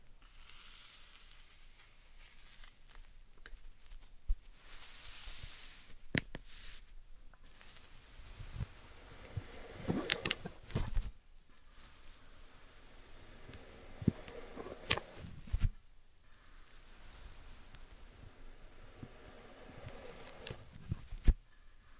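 Slime and sand being handled, with soft, sticky squelches and grainy rustles that come in scattered bursts. Sharper crackling clicks stand out around 4, 6, 10, 15 and 21 seconds. Between them the sound thins to a quiet, faint hiss.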